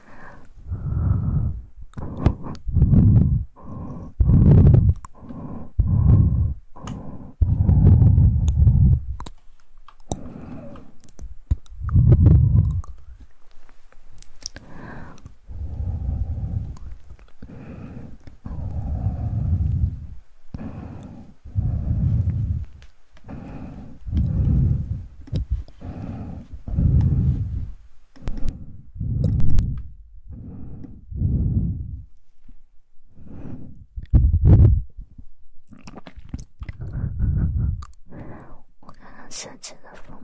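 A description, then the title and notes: ASMR mouth sounds arrive as a steady run of soft, low, wet bursts, each lasting about a second, with brief gaps between them. Sharp clicks and faint high crackles are scattered throughout. Quieter, breathy stretches come around the middle and just before the end. ASMR Mouth Sounds & Ear Play.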